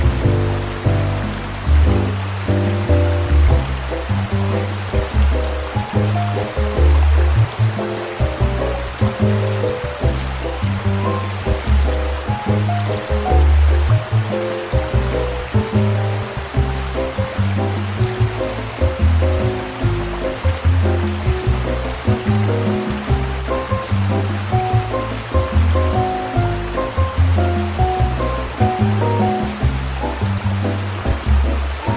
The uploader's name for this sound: Costa Rica Rainforest Waterfall Sounds & Soothing Music